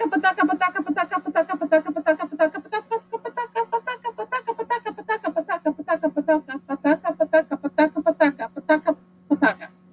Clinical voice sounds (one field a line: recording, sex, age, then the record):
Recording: repeated syllables /pa ta ka/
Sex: female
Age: 40 to 49 years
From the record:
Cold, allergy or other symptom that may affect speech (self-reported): no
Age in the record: 47 years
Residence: Florida, United States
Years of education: 15